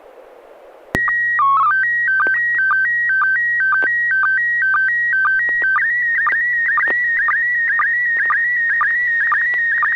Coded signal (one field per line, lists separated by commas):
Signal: SSTV (slow-scan television)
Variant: PD 120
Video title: N6NA SSTV Net - 11/2/2022